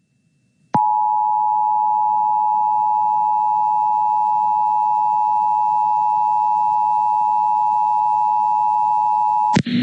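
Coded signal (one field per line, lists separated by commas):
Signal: Emergency Alert System (SAME) tones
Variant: 853 and 960 Hz attention tone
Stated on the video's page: Severe thunderstorm warning on an FM radio station, replayed from Google Drive.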